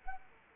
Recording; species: mosquito wingbeat signal from an infrared sensor; Anopheles arabiensis